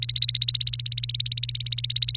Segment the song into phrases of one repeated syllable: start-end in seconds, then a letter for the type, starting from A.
0.00-2.17 A